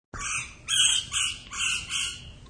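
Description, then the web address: Bird giving harsh, high, rasping screeches, several drawn-out notes run together. "SFXSource AOS Wild Bird"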